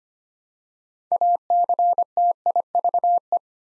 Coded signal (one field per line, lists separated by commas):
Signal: Morse code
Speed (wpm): 25 wpm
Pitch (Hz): 700 Hz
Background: none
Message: ACTIVE